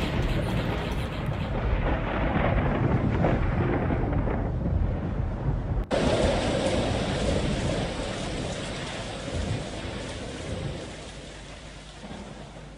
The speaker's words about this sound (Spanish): Mientras el mundo se desploma a través de la tormenta,